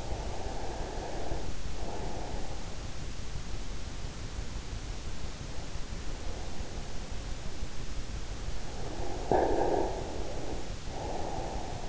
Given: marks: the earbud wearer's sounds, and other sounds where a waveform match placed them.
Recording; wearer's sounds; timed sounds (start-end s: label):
sounds in sleep by an in-ear microphone; breath
0.00-2.63 s: breath
9.07-11.88 s: breath